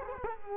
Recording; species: mosquito wingbeat signal from an infrared sensor; Culex quinquefasciatus